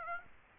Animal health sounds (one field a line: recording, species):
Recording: mosquito wingbeat signal from an infrared sensor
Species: Aedes aegypti